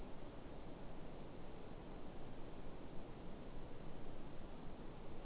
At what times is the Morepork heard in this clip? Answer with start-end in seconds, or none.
none